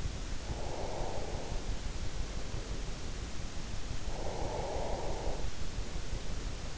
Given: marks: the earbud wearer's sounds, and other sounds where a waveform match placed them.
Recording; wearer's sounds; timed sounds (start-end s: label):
sounds in sleep by an in-ear microphone; breath
0.35-1.80 s: breath
4.16-5.71 s: breath